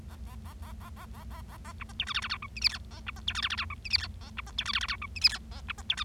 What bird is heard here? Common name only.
Bengalese Finch